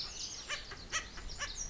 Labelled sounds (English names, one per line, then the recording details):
Pacific Wren
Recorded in Sonoma County, California